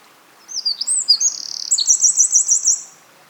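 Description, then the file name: Eurasian wren song: one vigorous, high-pitched phrase of tumbling notes ending in a rapid trill of repeated chips, then quiet. "Troglodytes troglodytes"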